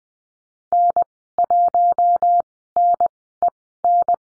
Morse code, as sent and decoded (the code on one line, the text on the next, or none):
-. .---- -. . -.
N1NEN